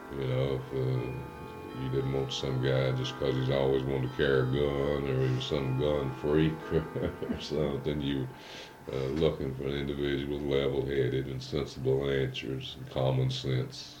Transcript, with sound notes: You know if---you didn't want some guy just because he's always wanted to carry a gun, or some gun freak or [laughs] something. You're looking for an individual with level-headed and sensible answers and common sense.